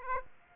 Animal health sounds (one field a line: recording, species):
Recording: mosquito wingbeat signal from an infrared sensor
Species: Aedes aegypti